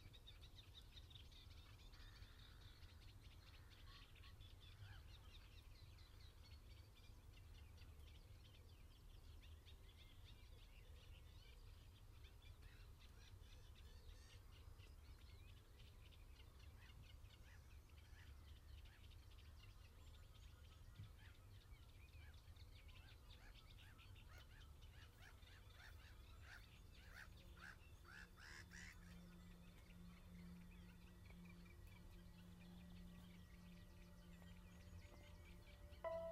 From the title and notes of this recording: 7.00am Birdsong at Hurst View, Pennington, Dorset, UK. Early morning countryside birdsong recorded on the weekend of King Charles' Coronation.